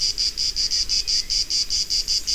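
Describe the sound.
Cicada song, a high buzzy pulsing drone beating about five times per second, steady throughout.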